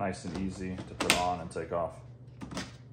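Someone talks while handling a plastic nozzle attachment for the tube of an Enhulk 58V 930CFM cordless leaf blower (LBL1493J) with a 5.0Ah battery and charger, and a few brief handling sounds follow near the end. The nozzle has not yet clicked or locked into place.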